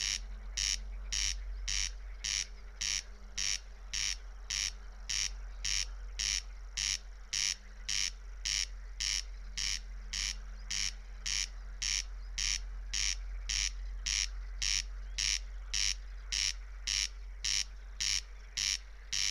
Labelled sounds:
Corn Crake (Crex crex) song

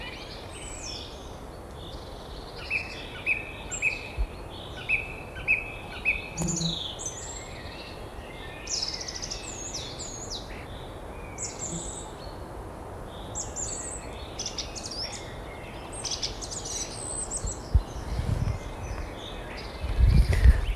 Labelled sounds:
Song Thrush (Turdus philomelos) song

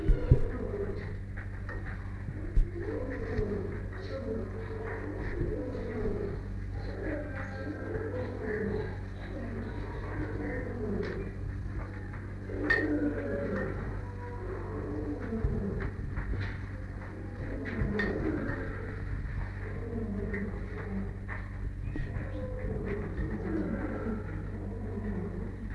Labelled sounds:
Leopard (Panthera pardus)

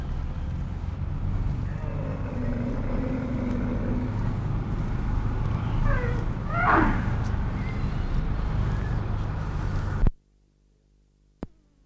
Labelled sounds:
One-humped Camel (Camelus dromedarius) call

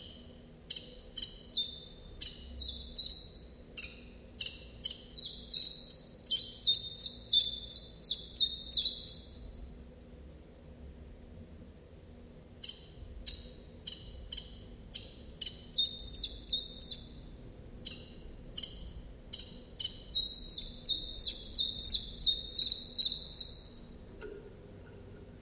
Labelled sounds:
Common Chiffchaff (Phylloscopus collybita) song

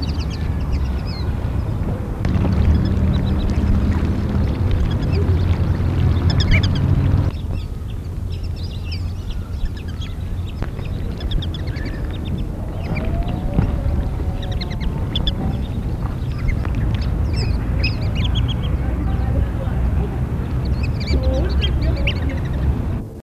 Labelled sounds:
Plumed Whistling Duck (Dendrocygna eytoni) call

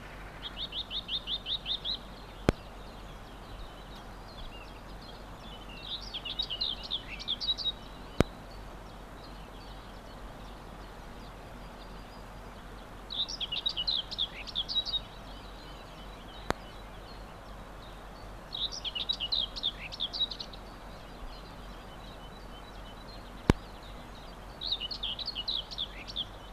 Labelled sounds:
Common Whitethroat (Sylvia communis) song

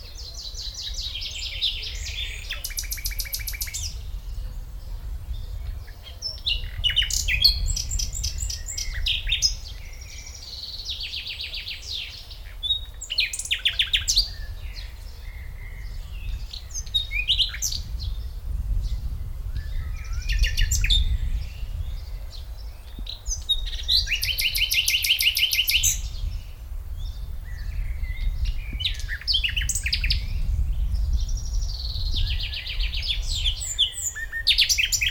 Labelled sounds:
Common Nightingale (Luscinia megarhynchos) song

